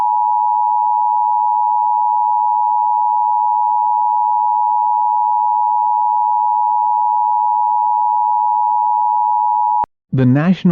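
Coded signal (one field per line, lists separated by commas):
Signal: Emergency Alert System (SAME) tones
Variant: 853 and 960 Hz attention tone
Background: speech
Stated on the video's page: Simulated EAS alert for a three-day Illinois winter storm, made with Audacity 2.4.2, NTSC-RS and WS4000 Simulator.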